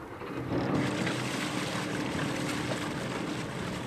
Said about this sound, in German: Gut, dass heute wieder kontrolliert wird, ob alles funktioniert. Denn der Motor des Tochterbootes springt nicht gleich beim ersten Mal an.